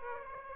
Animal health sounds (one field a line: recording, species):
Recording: mosquito wingbeat signal from an infrared sensor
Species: Aedes aegypti